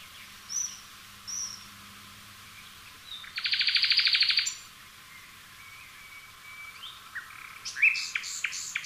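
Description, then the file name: Common nightingale song with a dense buzzy rattle lasting about a second and a half, separated by quiet pauses, ending in a few loud sharp notes; faint background whistles. "Luscinia megarhynchos"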